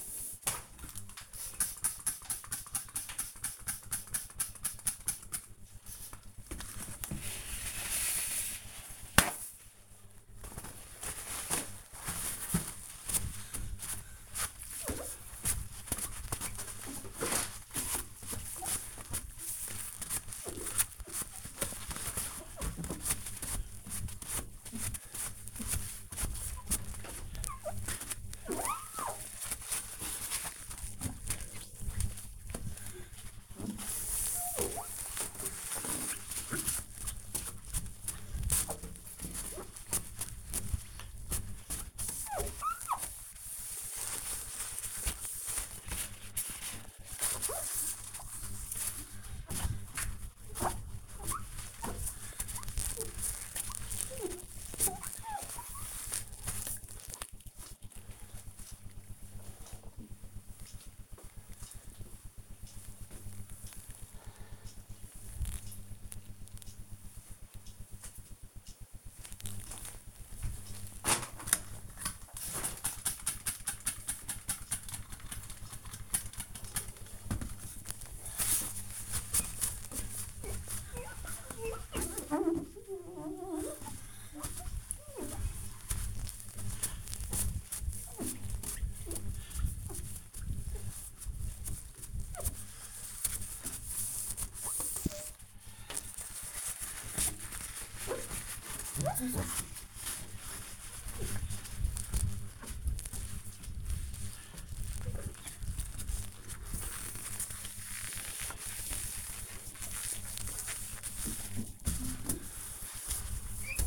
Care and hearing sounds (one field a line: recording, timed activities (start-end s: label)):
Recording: household activities, microphone on the right wrist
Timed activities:
0.23-56.60 s: window cleaning
71.67-113.87 s: window cleaning